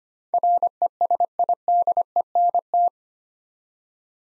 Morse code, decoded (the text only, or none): RESIDENT